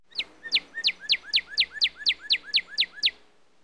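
Northern cardinal song: a steady run of about twelve loud, down-slurred whistled notes, each sweeping from high to low, repeated rapidly.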